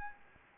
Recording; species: mosquito wingbeat signal from an infrared sensor; Anopheles gambiae